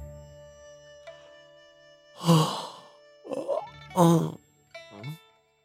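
A voice performs a long, drowsy yawn for an audiobook character, a few drawn-out groaning breaths rising and falling in pitch over a faint steady hum, ending in a short sleepy murmur, as the character yawns and rubs his eyes.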